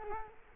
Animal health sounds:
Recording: mosquito wingbeat signal from an infrared sensor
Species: Culex quinquefasciatus

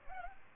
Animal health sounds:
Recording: mosquito wingbeat signal from an infrared sensor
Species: Aedes aegypti

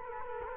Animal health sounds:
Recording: mosquito wingbeat signal from an infrared sensor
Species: Culex quinquefasciatus

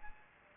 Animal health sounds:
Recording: mosquito wingbeat signal from an infrared sensor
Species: Anopheles gambiae

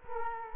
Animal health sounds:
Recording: mosquito wingbeat signal from an infrared sensor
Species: Culex quinquefasciatus

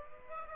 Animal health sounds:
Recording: mosquito wingbeat signal from an infrared sensor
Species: Aedes aegypti

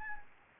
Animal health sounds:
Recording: mosquito wingbeat signal from an infrared sensor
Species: Anopheles gambiae

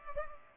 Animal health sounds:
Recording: mosquito wingbeat signal from an infrared sensor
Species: Culex pipiens

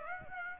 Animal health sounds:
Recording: mosquito wingbeat signal from an infrared sensor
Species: Aedes aegypti

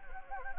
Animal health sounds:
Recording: mosquito wingbeat signal from an infrared sensor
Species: Anopheles gambiae

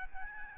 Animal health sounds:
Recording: mosquito wingbeat signal from an infrared sensor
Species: Aedes albopictus

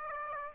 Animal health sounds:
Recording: mosquito wingbeat signal from an infrared sensor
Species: Aedes aegypti

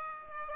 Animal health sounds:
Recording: mosquito wingbeat signal from an infrared sensor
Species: Aedes aegypti

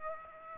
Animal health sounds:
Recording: mosquito wingbeat signal from an infrared sensor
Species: Aedes aegypti

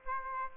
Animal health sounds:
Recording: mosquito wingbeat signal from an infrared sensor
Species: Aedes aegypti

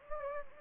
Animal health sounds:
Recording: mosquito wingbeat signal from an infrared sensor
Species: Anopheles gambiae

